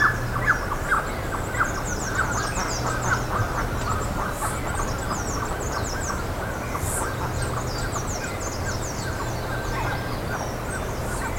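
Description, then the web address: Bird calls: scattered short notes under lively high-pitched twittering that comes in bursts, with a low hum and background noise throughout. "BIRD 2015 SABIOD 50 bird 2015"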